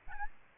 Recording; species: mosquito wingbeat signal from an infrared sensor; Aedes albopictus